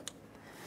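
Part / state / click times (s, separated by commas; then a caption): wiring harness connector into ignition coil / seated / 0.1 s. A plastic wiring harness connector, locking tab facing up, is aligned and pressed onto the ignition coil of a 2012-2018 Nissan Altima 2.5L. It gives a single sharp click at 0.1 s, then low background noise continues. The connector is seated and holds when tug-tested.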